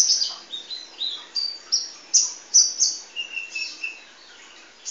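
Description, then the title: Oriental magpie-robin song: a rapid string of varied high whistles and short slurred notes, with brief pauses between bursts. "Kicau Kacer"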